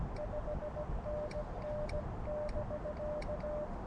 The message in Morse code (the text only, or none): 5NN <BK>